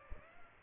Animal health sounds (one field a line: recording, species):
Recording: mosquito wingbeat signal from an infrared sensor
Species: Aedes albopictus